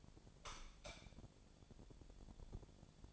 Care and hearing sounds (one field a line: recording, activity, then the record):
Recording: daily activity, microphone in the room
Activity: light off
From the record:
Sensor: 5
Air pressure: 1000.2 hPa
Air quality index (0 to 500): 101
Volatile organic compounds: 1 ppm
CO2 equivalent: 821 ppm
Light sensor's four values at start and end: 236/560/240/267 and 237/560/241/267